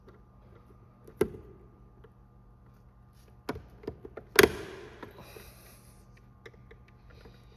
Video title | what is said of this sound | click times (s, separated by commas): 2006 BMW 325xi Side Mirror Glass Replacement | I think that popped into place there, so | 4.4 s